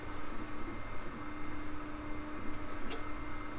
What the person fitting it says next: and that one didn't catch